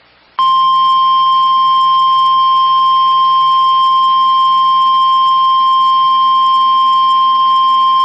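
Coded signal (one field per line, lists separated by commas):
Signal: Emergency Alert System (SAME) tones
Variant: 1050 Hz attention tone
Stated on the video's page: Captures of several EAS alerts recorded over a break period.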